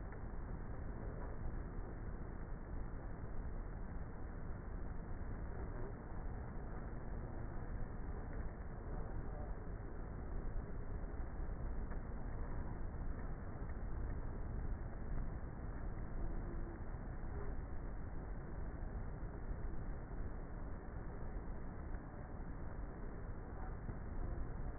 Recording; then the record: honeybee colony, microphone inside the hive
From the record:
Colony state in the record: queenless with a low population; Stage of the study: before two queens were removed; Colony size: about 30,000 bees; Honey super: no